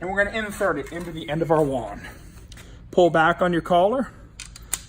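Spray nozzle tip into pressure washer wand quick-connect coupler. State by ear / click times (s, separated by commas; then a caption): seated / 4.7 s. A spray nozzle tip is inserted into the quick-connect coupler at the end of a pressure washer wand while the collar is pulled back, then pushed in until it locks. Someone talks through most of the clip, and a few small clicks follow near the end. A sharp click at 4.7 s marks the tip seating in the coupler.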